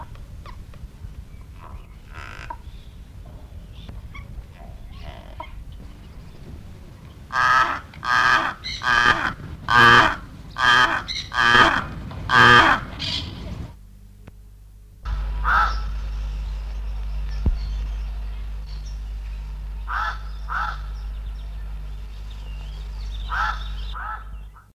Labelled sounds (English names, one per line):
Pied Crow call